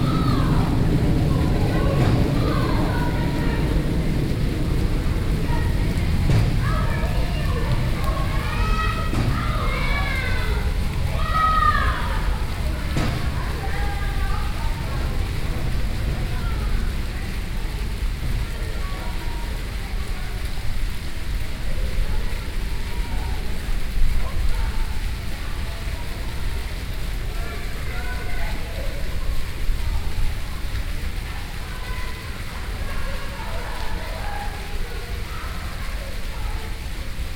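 Children's voices chatter and call out over the steady splashing of a fountain, loudest in the first fifteen seconds, with constant background hiss.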